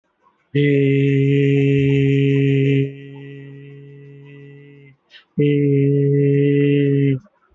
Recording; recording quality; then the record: sustained vowel as in made; moderate, slight background noise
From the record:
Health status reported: healthy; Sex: male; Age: 59 years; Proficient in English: yes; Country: India